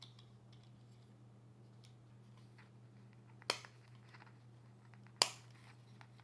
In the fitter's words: And it snaps in place